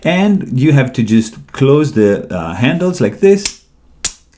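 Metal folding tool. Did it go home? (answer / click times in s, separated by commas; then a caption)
yes / 4.0 s. Someone talks while closing the metal handles of a Leatherman Free P2 folding multitool with pliers. At 4.1 s the handles snap into their locked position with a sharp, bright click, confirming they have seated.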